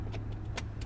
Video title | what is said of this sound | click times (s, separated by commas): 829 Pre trip | you'll hear it engage | 0.6 s